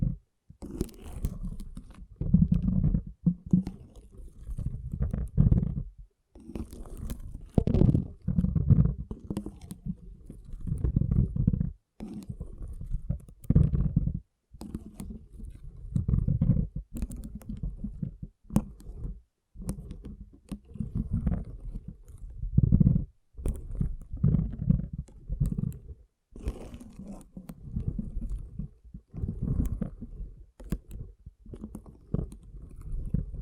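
Water beads are squished and rolled, making thick, low squelching and rumbling sounds with occasional sharp clicks on top. The sound comes in irregular clumps of a few seconds, broken by short silent gaps around 6, 12, 19, 23 and 26 seconds.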